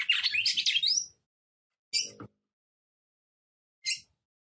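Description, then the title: Red-cowled cardinal song: it opens with a fast twittering phrase that climbs higher, followed by two isolated sharp chirps spaced about two seconds apart. Female song, described as fiery and nervous, said to quickly arouse and excite a male. "CANTO DA FÊ MEA GALO CAMPINA FOGOSA LEVANTA FOGOESQUENTA GALO CAMPINA MACHO RAPIDINHO FÊ MEA NERVOSA"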